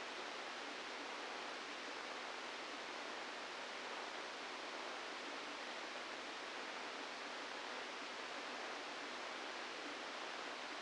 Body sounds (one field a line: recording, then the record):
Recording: brain microelectrode recording played as sound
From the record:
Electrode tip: outside the subthalamic nucleus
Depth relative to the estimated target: 3 mm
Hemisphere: left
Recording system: NeuroSet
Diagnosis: Parkinson's disease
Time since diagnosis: 17 years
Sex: male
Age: 64 years